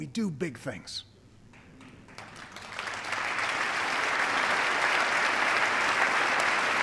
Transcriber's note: applause